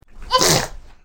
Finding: Baby Sneeze.